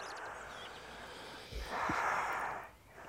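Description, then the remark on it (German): A woman breathes audibly over a steady background hiss, with one louder, airy breath swelling in the middle and lasting about a second before fading back. “Nein, nein, alles klar. Sie atmet.”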